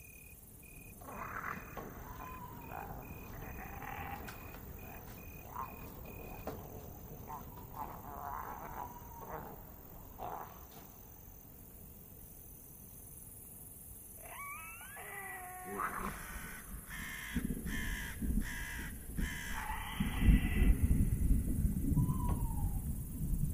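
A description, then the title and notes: A dark village ambience with a steady low rumble underneath and a thin, high insect-like whine running through the first half. Short cries and warbling calls, like birds or animals, come and go, and after about sixteen seconds the low rumbling thickens into louder, uneven thuds. Lost in the dark village Asmr ambience.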